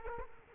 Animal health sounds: mosquito wingbeat signal from an infrared sensor; Culex quinquefasciatus

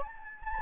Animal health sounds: mosquito wingbeat signal from an infrared sensor; Anopheles gambiae

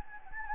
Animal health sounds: mosquito wingbeat signal from an infrared sensor; Anopheles gambiae

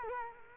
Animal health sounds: mosquito wingbeat signal from an infrared sensor; Culex quinquefasciatus

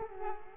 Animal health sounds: mosquito wingbeat signal from an infrared sensor; Culex quinquefasciatus

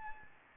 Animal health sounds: mosquito wingbeat signal from an infrared sensor; Anopheles gambiae

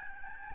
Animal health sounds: mosquito wingbeat signal from an infrared sensor; Aedes albopictus

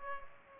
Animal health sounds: mosquito wingbeat signal from an infrared sensor; Culex pipiens

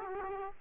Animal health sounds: mosquito wingbeat signal from an infrared sensor; Aedes aegypti

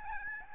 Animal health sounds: mosquito wingbeat signal from an infrared sensor; Aedes albopictus

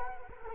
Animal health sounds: mosquito wingbeat signal from an infrared sensor; Culex quinquefasciatus

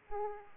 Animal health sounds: mosquito wingbeat signal from an infrared sensor; Aedes aegypti

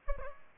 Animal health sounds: mosquito wingbeat signal from an infrared sensor; Aedes albopictus

